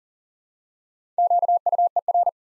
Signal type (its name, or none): Morse code